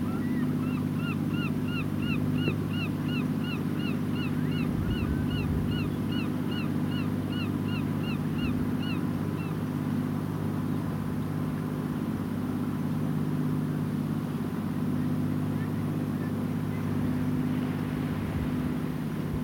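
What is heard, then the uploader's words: A tractor's engine hums low and steady throughout as it gathers hay on a Gower headland. For the first nine seconds or so, gulls call overhead in a quick, regular run of bright, repeated cries, then fall silent, leaving the engine drone alone. Relax on a Gower headland while gulls call above and a tractor gathers hay. Listen to gulls as you sit on a headland overlooking the sea on the south Gower coast. Nearby a tractor bales hay as the last rays of afternoon sun light the fields. Recorded and presented by Hannah Tribe.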